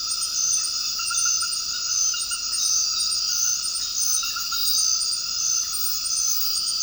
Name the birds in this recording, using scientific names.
none